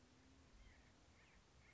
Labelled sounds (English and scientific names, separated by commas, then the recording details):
White-breasted Nuthatch (Sitta carolinensis)
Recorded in Sonoma County, California